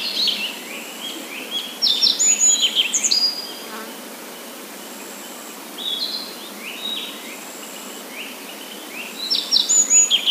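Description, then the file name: Japanese yellow bunting song: high, rapid chirping phrases, with softer birdsong between. "nojiko"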